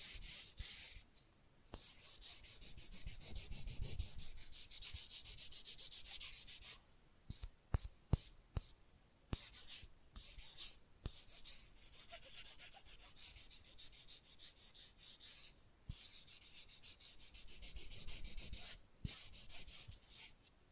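Fast nail filing makes a dense, bright scratching that runs almost nonstop, broken by short pauses between about 7 and 11 seconds and again near 16 and 19 seconds. Sharp little taps and clicks land during these breaks.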